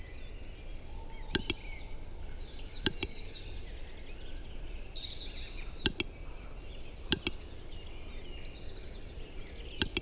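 A displaying capercaillie cock gives sharp, dry double clicks every second or two, in paired knocks near 1.5, 3, 6, 7 and 10 seconds. Behind it, other forest birds chirp and trill steadily over a low, constant rumble.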